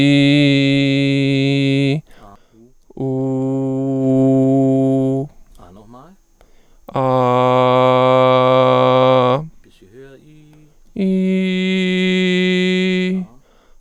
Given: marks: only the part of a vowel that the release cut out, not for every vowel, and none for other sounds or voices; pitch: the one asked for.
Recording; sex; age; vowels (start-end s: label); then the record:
sustained vowels; male; 30 to 39 years
0.00-1.74 s: vowel /i/, normal pitch
4.09-5.14 s: vowel /u/, normal pitch
7.20-9.17 s: vowel /a/, normal pitch
11.12-13.01 s: vowel /i/, high pitch
From the record:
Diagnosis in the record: mutational falsetto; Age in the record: 33 years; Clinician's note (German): Stroboskopisch nur in Höhen Amplitudendifferenzen